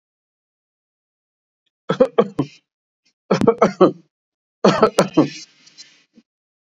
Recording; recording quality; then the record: shallow voluntary cough; excellent, no background noise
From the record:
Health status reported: exposed to COVID-19, no respiratory illness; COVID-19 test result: not tested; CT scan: not taken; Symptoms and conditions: cold, fatigue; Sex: male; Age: 51 years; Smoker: no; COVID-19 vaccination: both doses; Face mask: worn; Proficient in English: yes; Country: India